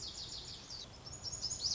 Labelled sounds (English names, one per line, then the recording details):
Lazuli Bunting
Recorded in Sonoma County, California